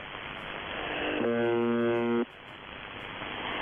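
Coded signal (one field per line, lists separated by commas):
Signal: channel marker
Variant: UVB-76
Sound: shortwave hiss, then one harsh low buzz about one second long, then hiss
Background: radio static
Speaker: UVB76 또는 우베베76은 러시아의 특정 지역에서 송출되는 단파 방송 호출 부호로 일반적으로 주파수는 4625kHz이다. 해당 라디오 청취자 사이에서는 이 주파수를 부저라고 부른다.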